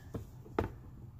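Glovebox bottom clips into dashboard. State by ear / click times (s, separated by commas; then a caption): seated / 0.6 s. The plastic glovebox of a 2003–2008 Toyota Corolla is refitted, and its bottom clips are lined up and pressed into the dashboard. A small tap sounds at 0.1 s, then a sharp, loud snap at 0.6 s with a quick trailing tick. The clips seat in place at 0.6 s.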